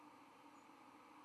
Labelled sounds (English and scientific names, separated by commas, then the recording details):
White-throated Sparrow (Zonotrichia albicollis) flight call
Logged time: 08:09 on 31 October 2014